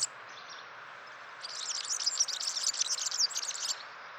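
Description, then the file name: European serin song: a fast, high, glittering jingle that starts partway through and lasts about two seconds. "gulhampling"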